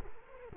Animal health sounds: mosquito wingbeat signal from an infrared sensor; Culex quinquefasciatus

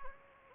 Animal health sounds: mosquito wingbeat signal from an infrared sensor; Anopheles gambiae

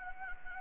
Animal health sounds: mosquito wingbeat signal from an infrared sensor; Anopheles gambiae

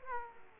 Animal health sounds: mosquito wingbeat signal from an infrared sensor; Aedes aegypti

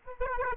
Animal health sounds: mosquito wingbeat signal from an infrared sensor; Aedes aegypti

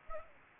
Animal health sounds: mosquito wingbeat signal from an infrared sensor; Aedes aegypti

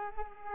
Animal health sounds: mosquito wingbeat signal from an infrared sensor; Culex quinquefasciatus

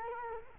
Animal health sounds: mosquito wingbeat signal from an infrared sensor; Culex quinquefasciatus

